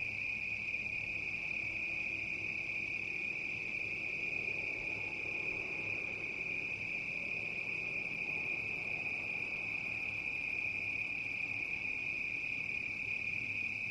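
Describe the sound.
Cricket giving a steady high-pitched ringing trill that runs without a break throughout, with faint low background hiss.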